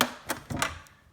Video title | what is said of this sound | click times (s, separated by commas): [SOLD!] Typewriter for sale: 1959 Tower President XII [SOLD!] | And then you'll feel it click in, and you'll see this little thing move. | 0.0 s